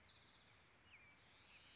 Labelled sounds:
Spotted Towhee
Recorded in Sonoma County, California

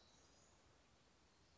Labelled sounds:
Black-throated Gray Warbler
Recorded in Sonoma County, California

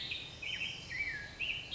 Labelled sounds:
Black-headed Grosbeak
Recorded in Sonoma County, California

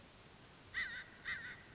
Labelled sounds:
American Crow
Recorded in Sonoma County, California

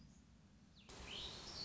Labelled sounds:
Black-throated Gray Warbler
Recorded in Sonoma County, California

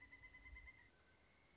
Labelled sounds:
Pileated Woodpecker
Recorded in Sonoma County, California

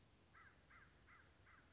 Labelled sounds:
American Crow
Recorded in Sonoma County, California

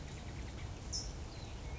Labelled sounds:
California Towhee
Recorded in Sonoma County, California

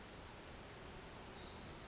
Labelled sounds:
Pacific Wren
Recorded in Sonoma County, California

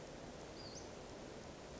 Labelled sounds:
Western Flycatcher
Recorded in Sonoma County, California

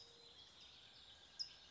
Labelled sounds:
California Towhee
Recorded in Sonoma County, California

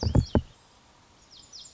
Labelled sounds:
Lazuli Bunting
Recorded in Sonoma County, California

